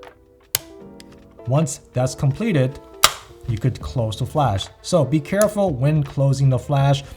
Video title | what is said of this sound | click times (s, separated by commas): Godox Lux Senior Review Tips Tricks and Tutorial Featuring Nikon ZfC, Pentax K1000 Cadet Retro Flash | you want to first press the flash in with your finger until you hear a click | 0.5 s